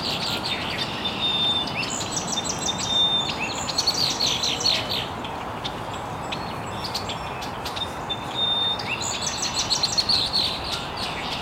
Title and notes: Birds Chirping in the Early Morning. Original sounds of birds chirping very early in the morning in an estuary